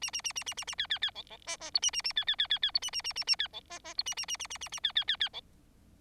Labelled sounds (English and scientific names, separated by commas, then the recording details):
Bengalese Finch (Lonchura striata domestica) song
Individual Bird4